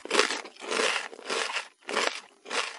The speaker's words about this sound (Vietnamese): Sở Tư Ngọc nhai dừa rầm rớt.